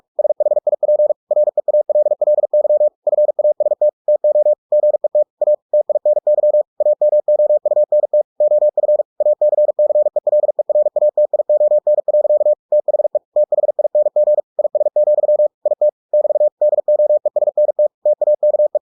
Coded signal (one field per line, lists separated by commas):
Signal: Morse code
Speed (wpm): 46 wpm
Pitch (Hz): 600 Hz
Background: none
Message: SHIP REALLY FAST TO GET A TINY AMOUNT OF ACCELERATION. THE THING IS, IT <BT> DOESNT TAKE